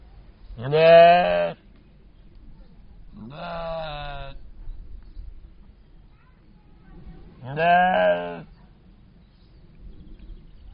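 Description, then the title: Soay sheep giving three loud, wavering bleats spaced several seconds apart, each about a second long, over a low background hum. Captive Soay sheep in a zoo in Germany. "Soay Schafe. Soay sheep. 54597, Deutschland"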